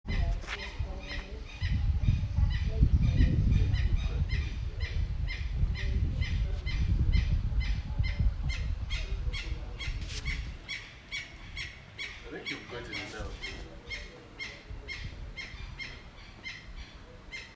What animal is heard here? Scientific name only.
Megaceryle maxima